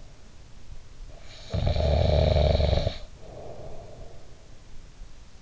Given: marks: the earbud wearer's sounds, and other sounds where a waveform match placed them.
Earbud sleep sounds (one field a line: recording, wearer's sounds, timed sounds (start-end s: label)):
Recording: sounds in sleep by an in-ear microphone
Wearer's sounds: snoring breath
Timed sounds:
1.00-4.31 s: snoring breath